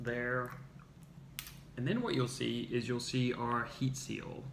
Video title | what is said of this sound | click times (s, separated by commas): Reduce spillage / wastage with Pure C8 MCT | the next thing you do is you take off the cap you hear the click when the tamper proof comes off there | 1.4 s